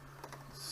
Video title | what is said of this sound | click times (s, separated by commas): Passenger Car Lighting - Part 1 of 4 | snap right in | 0.2 s, 0.3 s